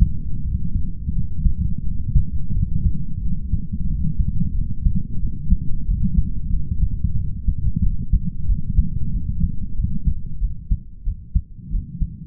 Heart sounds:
heart sounds by stethoscope; 90 bpm
0.45 s: heartbeat
1.16 s: heartbeat
1.86 s: heartbeat
2.55 s: heartbeat
3.23 s: heartbeat
3.90 s: heartbeat
4.56 s: heartbeat
5.22 s: heartbeat
5.88 s: heartbeat
6.53 s: heartbeat
7.19 s: heartbeat
7.83 s: heartbeat
8.49 s: heartbeat
9.14 s: heartbeat
9.78 s: heartbeat
10.42 s: heartbeat
11.06 s: heartbeat
11.72 s: heartbeat
From the record:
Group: healthy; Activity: light exercise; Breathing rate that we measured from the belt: 20 breaths a minute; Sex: male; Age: 22 years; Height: 181 cm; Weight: 79 kg

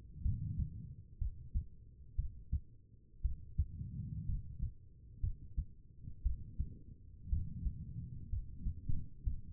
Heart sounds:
heart sounds by stethoscope; 60 bpm
0.22 s: heartbeat
1.18 s: heartbeat
2.16 s: heartbeat
3.22 s: heartbeat
4.26 s: heartbeat
5.21 s: heartbeat
6.23 s: heartbeat
7.29 s: heartbeat
8.30 s: heartbeat
9.24 s: heartbeat
From the record:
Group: healthy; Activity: rest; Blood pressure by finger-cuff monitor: 89/59 mmHg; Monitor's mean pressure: 68 mmHg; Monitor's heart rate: 59 bpm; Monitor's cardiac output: 4.4 L/min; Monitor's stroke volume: 74 mL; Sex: female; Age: 36 years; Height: 163 cm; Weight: 88 kg

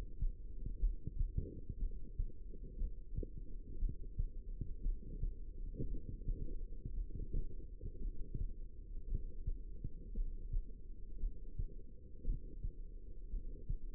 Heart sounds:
heart sounds by stethoscope; 58 bpm
0.78 s: heartbeat
1.77 s: heartbeat
2.76 s: heartbeat
3.78 s: heartbeat
4.81 s: heartbeat
5.87 s: heartbeat
6.93 s: heartbeat
8.00 s: heartbeat
9.06 s: heartbeat
10.12 s: heartbeat
11.18 s: heartbeat
12.23 s: heartbeat
13.28 s: heartbeat
From the record:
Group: heart failure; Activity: Valsalva maneuver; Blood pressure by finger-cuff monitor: 93/69 mmHg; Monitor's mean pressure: 77 mmHg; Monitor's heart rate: 59 bpm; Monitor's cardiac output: 2.7 L/min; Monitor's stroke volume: 47 mL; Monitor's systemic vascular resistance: 2020 dyn s/cm5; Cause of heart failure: non-ischemic cardiomyopathy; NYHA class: 1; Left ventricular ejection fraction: 52%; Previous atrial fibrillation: present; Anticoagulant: apixaban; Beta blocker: bisoprolol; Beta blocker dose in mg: 10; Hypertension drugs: sacubitril-valsartan, spironolactone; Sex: female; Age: 68 years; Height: 169 cm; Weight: 71 kg

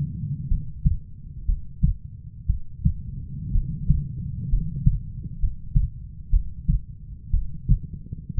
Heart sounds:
heart sounds by stethoscope; 61 bpm
0.48 s: heartbeat
1.45 s: heartbeat
2.46 s: heartbeat
3.52 s: heartbeat
4.49 s: heartbeat
5.39 s: heartbeat
6.30 s: heartbeat
7.31 s: heartbeat
8.35 s: heartbeat
From the record:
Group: healthy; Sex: female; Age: 37 years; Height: 168 cm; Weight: 70 kg

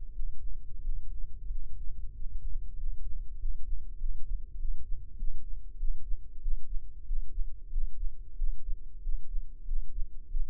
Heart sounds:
heart sounds by microphone in the left ear; 94 bpm
0.10 s: heartbeat
0.79 s: heartbeat
1.46 s: heartbeat
2.10 s: heartbeat
2.74 s: heartbeat
3.36 s: heartbeat
3.96 s: heartbeat
4.56 s: heartbeat
5.15 s: heartbeat
5.75 s: heartbeat
6.38 s: heartbeat
7.03 s: heartbeat
7.68 s: heartbeat
8.34 s: heartbeat
8.99 s: heartbeat
9.64 s: heartbeat
10.27 s: heartbeat
From the record:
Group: healthy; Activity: breath hold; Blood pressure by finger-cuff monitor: 89/76 mmHg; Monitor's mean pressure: 78 mmHg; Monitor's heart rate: 94 bpm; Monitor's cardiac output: 5.9 L/min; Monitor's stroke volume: 66 mL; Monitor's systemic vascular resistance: 950 dyn s/cm5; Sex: male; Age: 21 years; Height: 170 cm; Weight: 71 kg

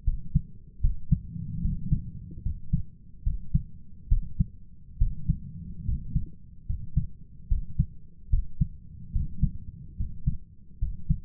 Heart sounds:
heart sounds by stethoscope; 73 bpm
0.03 s: heartbeat
0.80 s: heartbeat
1.61 s: heartbeat
2.42 s: heartbeat
3.22 s: heartbeat
4.08 s: heartbeat
4.97 s: heartbeat
5.84 s: heartbeat
6.65 s: heartbeat
7.47 s: heartbeat
8.29 s: heartbeat
9.11 s: heartbeat
9.96 s: heartbeat
10.78 s: heartbeat
From the record:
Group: healthy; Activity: rest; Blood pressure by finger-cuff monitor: 118/73 mmHg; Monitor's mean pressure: 85 mmHg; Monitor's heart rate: 74 bpm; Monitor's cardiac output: 6.7 L/min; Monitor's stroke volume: 92 mL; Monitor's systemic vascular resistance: 930 dyn s/cm5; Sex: male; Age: 23 years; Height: 178 cm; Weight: 96.6 kg

